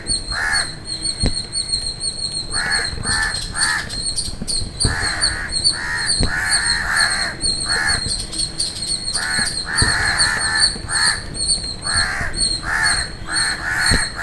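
Bird calls: frequent rasping caws, singly and in quick runs of two or three, throughout, with a constant high-pitched pulsing tone and a sharp click or two.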